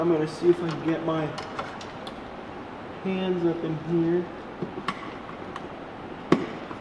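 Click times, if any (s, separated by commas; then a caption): 6.3 s. Someone talks while reaching up behind the trim to plug the taillight harness connector into a VLAND LED taillight on a Camaro SS 1LE. After a few faint taps and rustles, a sharp click at 6.3 s marks the connector seating, and it is confirmed plugged in.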